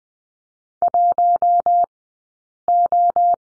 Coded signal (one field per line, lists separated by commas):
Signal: Morse code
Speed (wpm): 18 wpm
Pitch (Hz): 700 Hz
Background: none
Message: 1 O